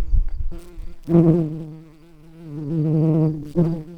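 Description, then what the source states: Garden bumblebee buzzing, a steady low hum that swells and fades in loudness, with brief noisy bursts near the start and end. Worker bumblebees of the hortorum species.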